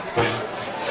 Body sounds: coughing mixed with background sound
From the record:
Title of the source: Cough Around the Clock!

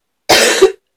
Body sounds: coughing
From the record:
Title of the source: 55 gaggy wet cough

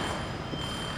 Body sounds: background sound without coughing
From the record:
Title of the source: 30 MINUTES Construction Site Ambience (CC BY 4.0)

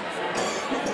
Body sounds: coughing mixed with background sound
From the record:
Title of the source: Spring Cold Coughing 3

